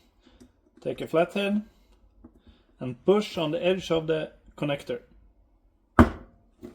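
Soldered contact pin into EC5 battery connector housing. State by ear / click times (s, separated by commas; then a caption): seated / 6.0 s. Someone talks while the second soldered contact pin is pushed into an EC5 battery connector housing, with the connector stood on a firm surface and a flat-head screwdriver pressing on its edge. A single sharp snap at 6.0 s marks the pin clicking home, seated in the housing.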